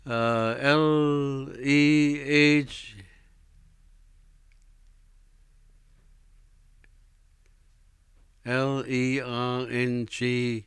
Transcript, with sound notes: Uh, L-E-H, ( he pauses ) L-E-R-N-G,